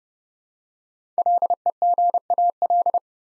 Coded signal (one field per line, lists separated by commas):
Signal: Morse code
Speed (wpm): 30 wpm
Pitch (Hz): 700 Hz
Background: none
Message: LEGAL